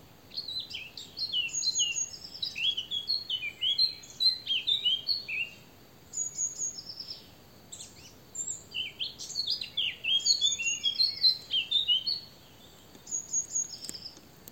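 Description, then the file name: Eurasian blackcap song: a rich, rapid warble of varied chirps and whistled notes, delivered in busy bursts with short pauses between them. "Sylvia atricapilla"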